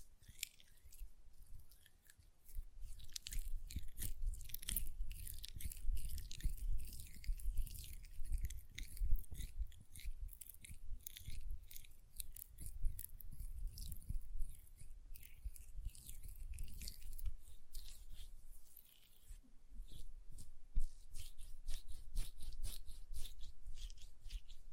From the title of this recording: ASMR Hand Sounds, Nail Tapping and Lotion Sounds